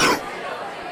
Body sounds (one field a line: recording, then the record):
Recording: coughing mixed with background sound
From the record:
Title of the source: Coughing 46